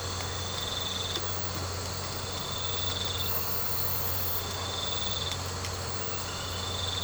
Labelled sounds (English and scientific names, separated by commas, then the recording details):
none
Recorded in secondary vegetation near Puerto Asís, Putumayo, Colombia, on 19 March 2025 at 23:30
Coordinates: 0.468, -76.324
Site G059